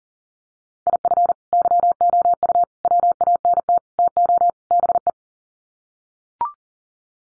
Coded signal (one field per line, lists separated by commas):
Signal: Morse code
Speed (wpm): 40 wpm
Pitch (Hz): 700 Hz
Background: none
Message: IF YOU WANT TO BE